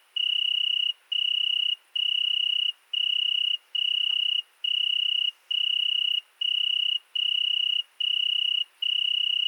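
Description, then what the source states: Italian tree cricket with a pure, ringing trill in bursts around a second long, separated by short regular breaks; a faint click near the middle. Night, 22:30, 13 August 2020, Fourcinet ValMaravel; single cricket singing for two nights in Virginia creeper beneath a window; recorded with Nagra Seven and MKH40 cardioid microphone.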